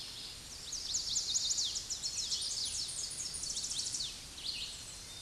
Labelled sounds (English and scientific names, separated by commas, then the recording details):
Tennessee Warbler (Leiothlypis peregrina) song
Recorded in a Pennsylvania forest on 16 May 2024 at 08:16
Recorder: AudioMoth, point MSD-2257
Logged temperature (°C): 16.0 °C
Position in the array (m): 186 m, 196 m